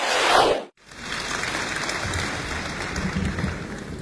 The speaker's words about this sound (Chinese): 谢谢大家掌声鼓励。